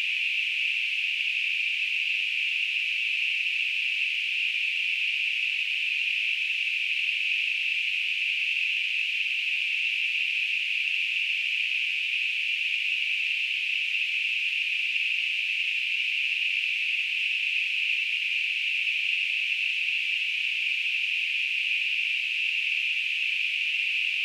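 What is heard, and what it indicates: Simulated tinnitus: a steady, unbroken, narrow band of hissing noise centered around 2.5–3 kHz. It holds an even loudness throughout, with no low-frequency content.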